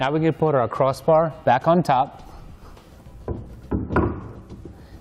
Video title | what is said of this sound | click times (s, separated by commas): etrailer - Rhino Rack Roof Rack Review - 2014 Honda Odyssey | this time we're gonna pull out on these tabs so that they lock into place now | 4.0 s